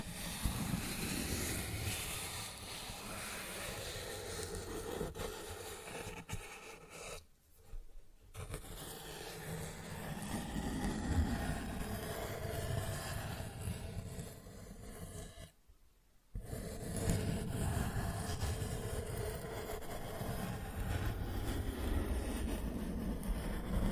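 Cardboard is scratched and rubbed in a dense, continuous rasping with a heavy, rumbling low end and a rough hiss above it. The sound stops briefly twice, near 8 and 16 seconds, then resumes at full strength, louder after the second pause.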